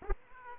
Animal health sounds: mosquito wingbeat signal from an infrared sensor; Aedes aegypti

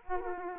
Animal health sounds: mosquito wingbeat signal from an infrared sensor; Aedes aegypti

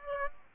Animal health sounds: mosquito wingbeat signal from an infrared sensor; Aedes aegypti

